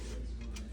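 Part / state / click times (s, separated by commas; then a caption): 3/8 inch drive fitting into half inch square tubing / seated / 0.6 s. A 3/8 inch drive tool end is pushed into a length of half inch square steel tubing and snaps into place at 0.6 s as a short, sharp click. The fit is exactly the right size. A softer tick at 0.4 s comes before it over a steady low hum.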